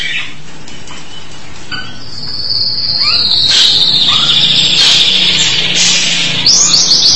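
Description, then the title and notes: Starling song: a long, bright whistled note held for several seconds, with scattered short slurred notes and a buzzy rattle at the end. "suara burung jalak"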